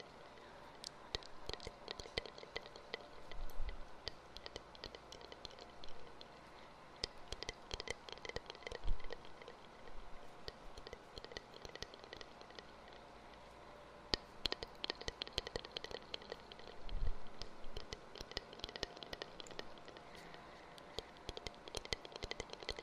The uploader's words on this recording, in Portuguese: Uma hora de ASMR de sons de boca com eco no microfone 3DIO.